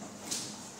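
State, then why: Not seated. A photo booth cabinet section is handled as it is fitted onto its mating cabinet, giving steady low rustling and handling noise with a brief bright hiss around 0.3 s. Nothing has seated or clicked into place yet.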